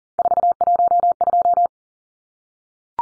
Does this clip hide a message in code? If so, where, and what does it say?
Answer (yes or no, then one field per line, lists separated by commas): yes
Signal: Morse code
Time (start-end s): 0.2-1.7 s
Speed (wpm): 40 wpm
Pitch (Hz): 700 Hz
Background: none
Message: 412